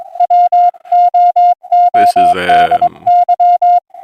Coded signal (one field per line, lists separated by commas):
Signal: Morse code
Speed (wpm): 22 wpm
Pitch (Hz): 710 Hz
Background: speech, music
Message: WOODY